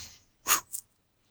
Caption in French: Petit toussotement.